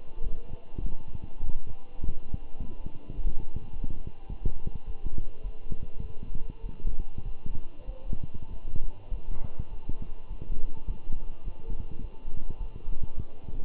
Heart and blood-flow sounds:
heart sounds by stethoscope; between the tricuspid and mitral areas; 103 bpm
0.23 s: heartbeat
0.83 s: heartbeat
1.43 s: heartbeat
2.01 s: heartbeat
2.59 s: heartbeat
3.16 s: heartbeat
3.72 s: heartbeat
4.29 s: heartbeat
4.86 s: heartbeat
5.43 s: heartbeat
6.01 s: heartbeat
6.62 s: heartbeat
7.24 s: heartbeat
7.86 s: heartbeat
8.49 s: heartbeat
9.10 s: heartbeat
9.70 s: heartbeat
10.29 s: heartbeat
10.87 s: heartbeat
11.44 s: heartbeat
12.01 s: heartbeat
12.59 s: heartbeat
13.08 s: heartbeat
From the record:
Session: walking at 3.7 km/h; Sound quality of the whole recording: good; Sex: male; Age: 24 years

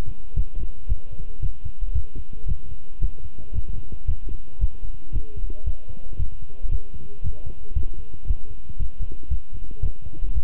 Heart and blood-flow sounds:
heart sounds by stethoscope; between the tricuspid and mitral areas; 114 bpm
0.36 s: heartbeat
0.89 s: heartbeat
1.42 s: heartbeat
1.95 s: heartbeat
2.48 s: heartbeat
3.01 s: heartbeat
3.55 s: heartbeat
4.07 s: heartbeat
4.61 s: heartbeat
5.14 s: heartbeat
5.66 s: heartbeat
6.19 s: heartbeat
6.71 s: heartbeat
7.23 s: heartbeat
7.75 s: heartbeat
8.27 s: heartbeat
8.79 s: heartbeat
9.30 s: heartbeat
9.82 s: heartbeat
10.34 s: heartbeat
From the record:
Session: walking at 3.7 km/h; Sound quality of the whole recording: good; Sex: male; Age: 25 years

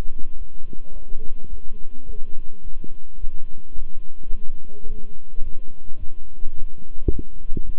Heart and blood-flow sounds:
heart sounds by stethoscope; between the tricuspid and mitral areas; 107 bpm
0.37 s: heartbeat
0.92 s: heartbeat
1.48 s: heartbeat
2.05 s: heartbeat
2.62 s: heartbeat
3.18 s: heartbeat
3.74 s: heartbeat
4.30 s: heartbeat
4.86 s: heartbeat
5.42 s: heartbeat
5.98 s: heartbeat
6.54 s: heartbeat
7.10 s: heartbeat
7.64 s: heartbeat
From the record:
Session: walking at 3.7 km/h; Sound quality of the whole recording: good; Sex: male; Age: 26 years

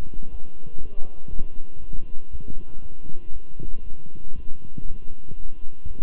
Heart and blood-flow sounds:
heart sounds by stethoscope; between the tricuspid and mitral areas; 119 bpm
0.31 s: heartbeat
0.81 s: heartbeat
1.30 s: heartbeat
1.80 s: heartbeat
2.31 s: heartbeat
2.82 s: heartbeat
3.32 s: heartbeat
3.83 s: heartbeat
4.34 s: heartbeat
4.86 s: heartbeat
5.36 s: heartbeat
5.87 s: heartbeat
From the record:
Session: walking at 3.7 km/h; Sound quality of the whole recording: good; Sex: male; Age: 23 years

